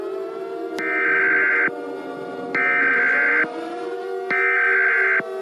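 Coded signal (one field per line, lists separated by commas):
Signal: Emergency Alert System (SAME) tones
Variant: header bursts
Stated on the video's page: Fictional EAS scenario about an invented spreading bacteria, not a real alert.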